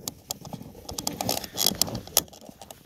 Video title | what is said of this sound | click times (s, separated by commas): Burned Wire On Breaker - Torque Screwdrivers & Why You Should Probably Be Using One | this you tighten until it clicks and that click is basically the sound of the torque value being set by the gas cap itself just | 0.3 s, 1.1 s, 1.8 s, 2.2 s